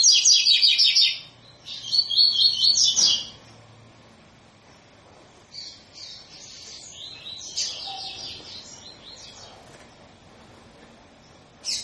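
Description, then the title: Double-collared seedeater song opening with two loud buzzy bursts, followed by softer repeated high phrases and a faint low hum. Tui-tui style song of a bird with strong vigour, used as a teaching song for young birds. "COLEIRO TUI TUI FIBRA"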